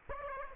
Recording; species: mosquito wingbeat signal from an infrared sensor; Aedes aegypti